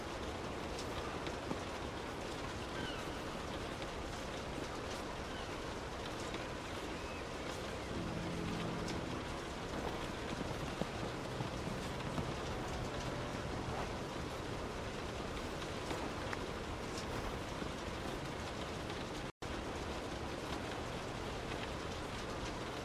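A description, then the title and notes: Rain patters steadily on a car while the engine and road noise make a dense, even rumble throughout. Faint low tones come and go around the eight to twelve second mark, and the sound cuts out for an instant near nineteen seconds. Inside a Car in the Rain.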